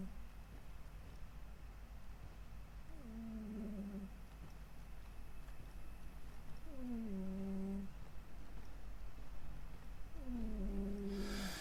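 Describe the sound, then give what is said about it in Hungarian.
A sleeping cat purrs and murmurs in three drawn-out, slightly falling low rumbles spaced a few seconds apart, over a steady background hum with no talking. “Halljátok, hogy durmol a cica?”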